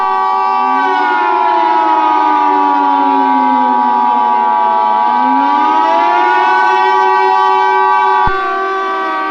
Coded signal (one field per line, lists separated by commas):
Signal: Emergency Alert System (SAME) tones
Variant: 853 and 960 Hz attention tone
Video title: EAS Scenario #6: The Hazbin Hotel Disaster